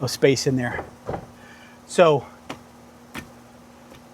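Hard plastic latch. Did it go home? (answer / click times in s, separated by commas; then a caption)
yes / 2.5 s. A fire extinguisher is pressed into its quick-release mount inside a Jeep while someone talks. One sharp tick is heard at 2.5 s, and the extinguisher is locked in place.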